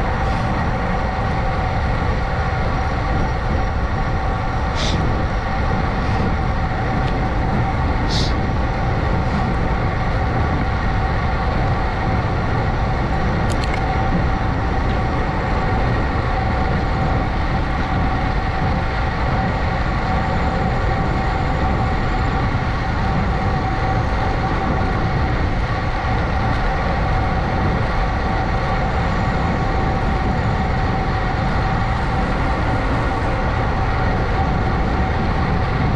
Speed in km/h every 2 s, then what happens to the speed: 27, 29, 29, 29, 31, 31, 31, 31, 31, 31, 31, 31, 32, 32, 32, 32, 32, 32.
0-36 steady at about 31.